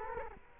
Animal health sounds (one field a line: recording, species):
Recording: mosquito wingbeat signal from an infrared sensor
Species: Culex quinquefasciatus